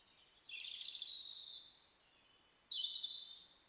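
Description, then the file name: European robin singing a high, clear phrase of long drawn notes jumping between mid and very high pitches, over a soft steady background hiss. "Erithacus rubecula"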